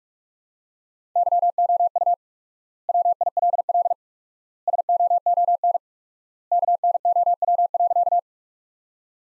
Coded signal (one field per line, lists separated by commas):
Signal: Morse code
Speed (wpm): 43 wpm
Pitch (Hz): 700 Hz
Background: none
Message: YOU WILL SOON KNOW.